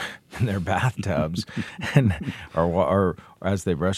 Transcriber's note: laughter